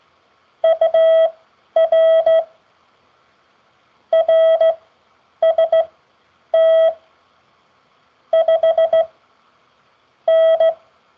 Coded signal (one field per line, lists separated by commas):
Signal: Morse code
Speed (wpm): 15 wpm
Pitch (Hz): 650 Hz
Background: none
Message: UR RST 5N